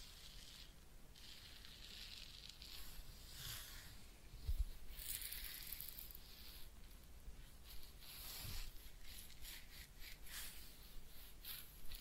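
A head massage with ear cleaning: bursts of soft, crackly rubbing and scratching come and go in quick irregular strokes. Brighter scraping swells around the middle and near the end, with a few dull thumps at about four and eight seconds.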